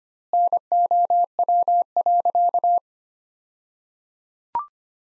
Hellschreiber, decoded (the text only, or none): none